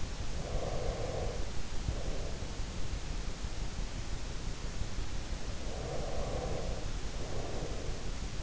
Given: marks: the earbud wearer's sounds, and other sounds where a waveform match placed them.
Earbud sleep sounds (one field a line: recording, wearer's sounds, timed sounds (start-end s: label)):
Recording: sounds in sleep by an in-ear microphone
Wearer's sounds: breath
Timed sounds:
0.26-2.67 s: breath
5.42-8.42 s: breath